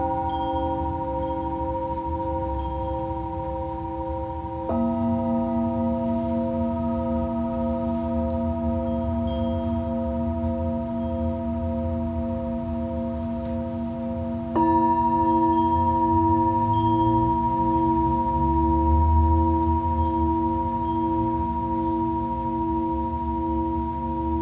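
Singing bowls ring in long sustained tones for sound healing, with a gentle pulsing waver in the hum. A new bowl is struck around five seconds and another near fifteen, each adding a fresh layer that blends with the fading earlier tones over a low rumble.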